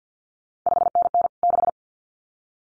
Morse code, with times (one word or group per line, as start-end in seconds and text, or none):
0.7-1.3 5NN
1.4-1.7 6